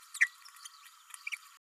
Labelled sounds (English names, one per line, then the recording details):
Green-rumped Parrotlet babbling
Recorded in a nest box in Venezuela
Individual 18B104A3